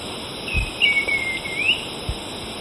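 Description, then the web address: Black-and-white becard calling with a long thin whistled note that slurs downward and then lifts, set against a steady high insect-like drone. Ecuador. "Birds of Ecuador. Black-And-White Becard"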